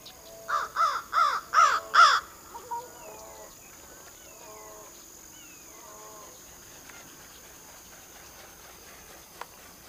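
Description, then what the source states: Bird cawing loudly in a rapid series of five harsh notes, followed by a few softer, fainter calls before the sound fades to quiet. Northern Illinois.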